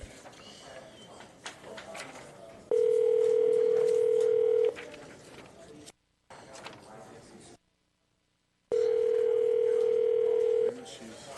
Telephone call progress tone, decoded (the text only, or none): ringback tone